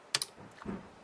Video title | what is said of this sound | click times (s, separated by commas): Steering Wheel Replacement 2008 Nissan Altima | make sure it clicks | 0.2 s